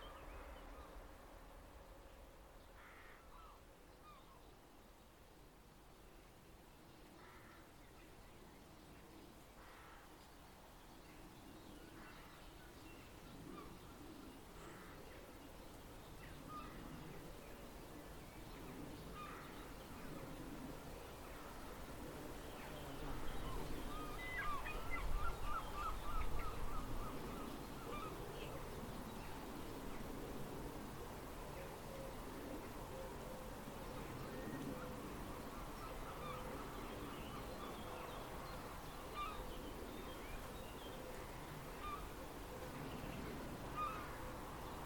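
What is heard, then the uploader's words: Birds call repeatedly over a steady low murmur of wind, short chirps and caws scattered throughout, growing slightly louder and busier after twenty seconds. I made the recordings on a walk from home on Udimore Road to the Rye Harbour Nature Reserve a few days ago. Recordings made around Rye. Mostly just the wildlife.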